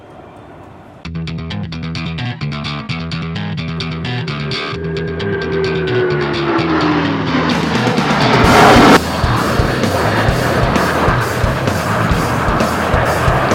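Jet engines rumble up after a quiet second, a falling whine marks a flyby, and a dense roar peaks near nine seconds.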